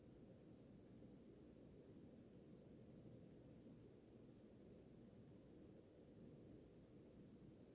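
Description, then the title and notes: Crickets giving a high trill that swells and fades in gentle pulses, with steady low noise beneath. Early morning in a village in the middle of the Mata Atlântica rainforest; a chorus of crickets. "Crickets, firsts birds in the early with morning rooster to deep relax - Grilos, pássaros e galo nas primeiras horas da manhã. Ouça a sinfonia de grilos em uma relaxante vila em meio a Mata Atlântica"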